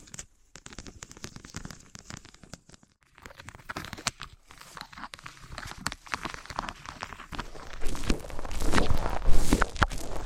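Materials like wood, cork, sponge and foam are rubbed and tapped in crackly scrapes and clicks, pausing briefly, then growing louder and denser near the end.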